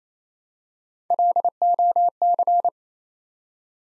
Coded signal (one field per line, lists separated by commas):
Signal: Morse code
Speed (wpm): 27 wpm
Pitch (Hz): 700 Hz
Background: none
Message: LOC